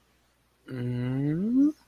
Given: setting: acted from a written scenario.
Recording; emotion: vocal sound without words; confusion